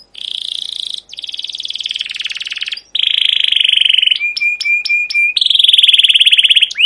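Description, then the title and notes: Canary song made of long rolling buzzy trills, broken by a short series of sharp evenly spaced ticks, then another rapid roll. Long emotive chirping 'ngerol' canary song with 'cuit cuit' notes, used as a lure and master recording for young canaries learning to sing. "CUIT CUIT NGEROL LANGSUNG GACOR PANJANG Kenari Ini Utk Pancingan KENAR. PANCINGAN Kenari GACOR PANJANG Cuit CUIT EMOSI ini utk MASTERAN Kenari PAUD belajar BUNYI. burung kenari"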